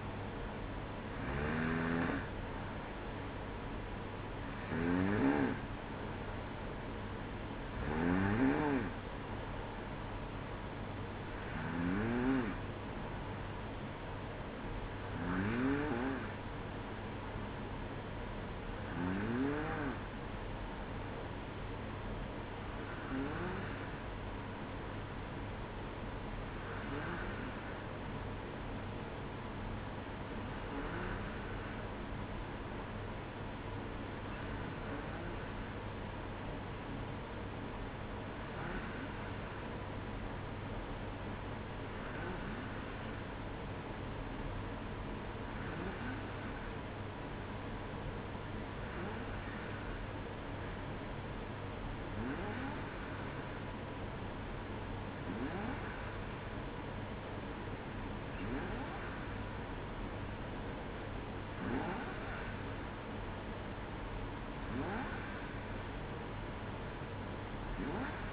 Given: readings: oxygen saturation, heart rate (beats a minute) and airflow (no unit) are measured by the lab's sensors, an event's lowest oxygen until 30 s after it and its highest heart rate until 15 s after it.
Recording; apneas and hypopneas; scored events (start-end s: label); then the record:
breathing in sleep by a voice recorder at the bedside; 1
2.00-32.00 s: new sleep stage, N1 (lightest sleep)
24.00-54.90 s: hypopnea (N1, oxygen 95% highest, then 92% lowest, heart rate 59 at the start, 61 highest)
32.00-68.33 s: new sleep stage, N2 (light sleep)
From the record:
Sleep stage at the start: N2 (light sleep); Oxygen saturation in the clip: 92 to 95%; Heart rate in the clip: 58 to 63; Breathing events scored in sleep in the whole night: 305 in 9.6 hours asleep